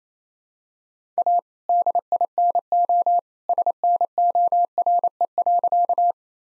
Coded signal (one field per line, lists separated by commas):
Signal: Morse code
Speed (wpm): 28 wpm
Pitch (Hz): 700 Hz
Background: none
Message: A DINO SNORE.